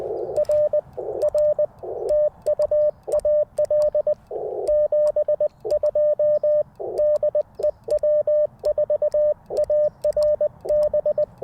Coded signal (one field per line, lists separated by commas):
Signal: Morse code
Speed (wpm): 20 wpm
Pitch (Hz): 600 Hz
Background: radio noise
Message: R R TU AL 72 DE W4ARB